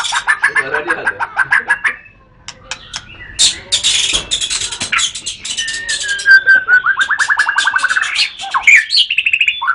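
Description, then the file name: White-rumped shama song: fast trilled phrases, a burst of rough chatter, then long clear whistles and a quick rattle. Murai batu named Matrix, associated with Pawang BC, Lhokseumawe; songbird-contest (kicau) context. "kicau murai batu matrix pawang bc lhokseumawe"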